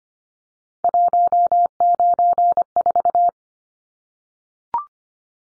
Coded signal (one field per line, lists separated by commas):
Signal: Morse code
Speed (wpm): 25 wpm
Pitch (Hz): 700 Hz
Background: none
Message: 194